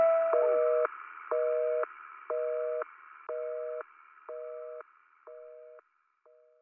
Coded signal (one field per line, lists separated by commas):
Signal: telephone call progress tone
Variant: North America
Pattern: busy tone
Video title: Catch Your Breath - Dial Tone (Official Music Video)